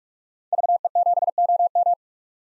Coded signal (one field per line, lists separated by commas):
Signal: Morse code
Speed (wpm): 47 wpm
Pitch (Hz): 700 Hz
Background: none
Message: VE7OM